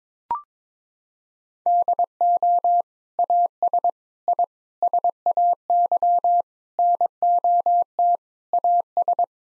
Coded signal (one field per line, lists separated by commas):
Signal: Morse code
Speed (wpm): 22 wpm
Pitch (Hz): 700 Hz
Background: none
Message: DO AS I SAY NOT AS